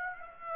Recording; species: mosquito wingbeat signal from an infrared sensor; Aedes aegypti